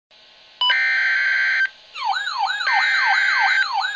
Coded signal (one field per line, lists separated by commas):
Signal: Emergency Alert System (SAME) tones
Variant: header bursts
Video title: Real EAS #381 - Severe Thunderstorm Warning